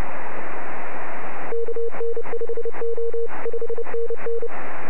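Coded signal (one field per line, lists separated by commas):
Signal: Morse code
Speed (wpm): 28 wpm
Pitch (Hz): 460 Hz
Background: radio noise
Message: KN5O 5NN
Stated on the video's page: CW from the 2015 Navassa Island DXpedition.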